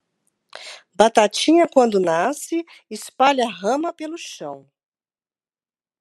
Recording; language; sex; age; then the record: short text; Brazilian Portuguese; female; 50 to 59 years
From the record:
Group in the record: control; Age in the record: 59 years